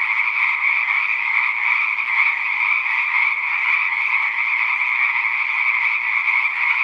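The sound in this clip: Frogs calling in a dense chorus, a steady, unbroken pulsing drone of overlapping croaks that continues without pause.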